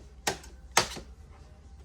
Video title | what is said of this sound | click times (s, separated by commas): KillAllChrome VLAND Union Jack Tail Lights Install + Operation | You feel it click on | 0.3 s, 0.8 s